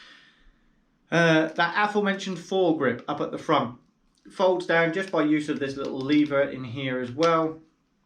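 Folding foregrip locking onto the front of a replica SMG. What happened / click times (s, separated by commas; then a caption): Handled, not yet home: a folding grip is described but no locking click is heard / none. Someone talks while handling the folding front foregrip of a Tokyo Marui MP7 replica SMG, which is released with a small lever so it can swing down and lock in the extended position. Only speech is heard, with a faint hiss at the very start. Nothing has locked or clicked into place yet by the end of the clip.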